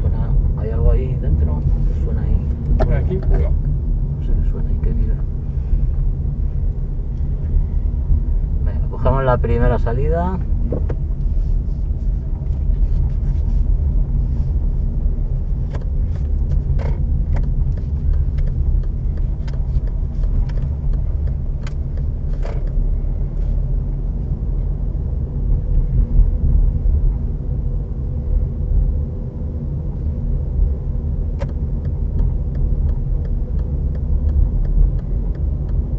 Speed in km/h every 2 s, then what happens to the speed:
22, 22, 23, 21, 16, 17, 16, 15, 14, 17, 15, 14, 15, 21, 23, 22, 23, 21.
0-23 steady at about 16. 23-27 speeds up to 23. 27-36 steady at about 22.